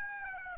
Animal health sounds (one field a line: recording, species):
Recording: mosquito wingbeat signal from an infrared sensor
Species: Aedes aegypti